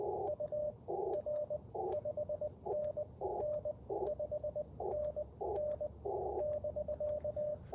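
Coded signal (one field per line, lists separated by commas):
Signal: Morse code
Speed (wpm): 19 wpm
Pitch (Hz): 600 Hz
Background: radio noise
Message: UR 5NN 5NN <BK>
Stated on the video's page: Parks on the Air CW activation on Icom IC-705 with AlexLoop magnetic loop and BaMaKeY TP-III paddles; sidetone sounds warbly at times.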